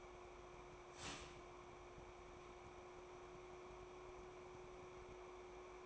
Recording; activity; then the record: daily activity, microphone in the room; start toaster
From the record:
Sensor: 1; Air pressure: 1004.3 hPa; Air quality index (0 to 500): 200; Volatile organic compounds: 19 ppm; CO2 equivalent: 2650 ppm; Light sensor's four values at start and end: 5/13/4/5 and 5/13/4/5